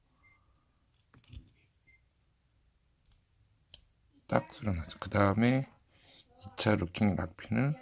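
A wiring terminal is pushed into a car wiring connector housing. A few faint ticks come first, then one sharp loud click at 3.7 s shows the terminal is seated. After that, someone talks.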